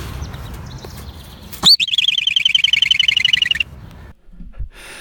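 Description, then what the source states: Groundhog whistle: a sharp rising note followed by a rapid trill of short high whistles repeated for about two seconds, then silence and faint background noise. Also called woodchuck; known in some places as a whistle pig because of this whistling sound.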